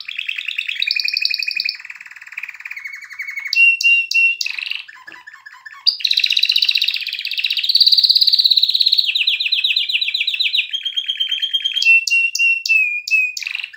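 Extended canary song: fast rolling trills, sharp repeated clicks and buzzy tours alternating over nearly fourteen seconds with hardly any pause.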